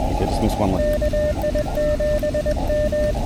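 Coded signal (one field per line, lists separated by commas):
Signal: Morse code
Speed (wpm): 22 wpm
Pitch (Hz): 590 Hz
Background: speech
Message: KI7M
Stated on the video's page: POTA Morse activation on Elecraft KX2 keyed with KXPD2 paddles, battery powered, QRP.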